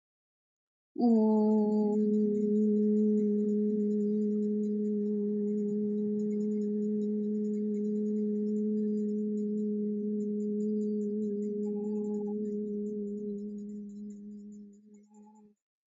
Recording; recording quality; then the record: sustained vowel as in boot; moderate, slight background noise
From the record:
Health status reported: healthy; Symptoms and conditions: none ticked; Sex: female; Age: 39 years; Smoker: not ticked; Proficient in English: yes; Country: India